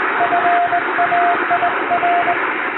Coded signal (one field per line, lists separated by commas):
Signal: Morse code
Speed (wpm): 21 wpm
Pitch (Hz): 700 Hz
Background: radio noise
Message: FAIR